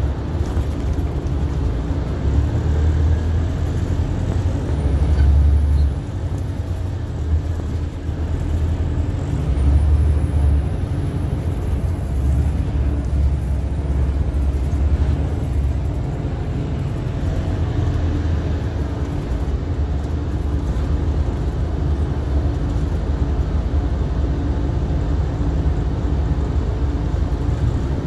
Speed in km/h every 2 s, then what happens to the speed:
18, 24, 27, 26, 32, 34, 35, 27, 23, 18, 3, 0, 0, 3.
0-3 speeds up to 27. 6-12 speeds up to 35. 12-21 brakes to 0. 21-25 standing.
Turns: none.